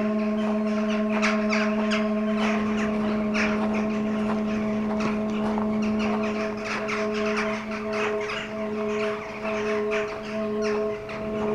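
Crows giving harsh, raspy caws, busy at first and then thinning out, with a constant droning hum underneath.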